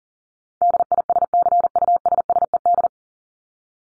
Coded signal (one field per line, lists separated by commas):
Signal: Morse code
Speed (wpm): 40 wpm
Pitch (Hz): 700 Hz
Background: none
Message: DISCUSSED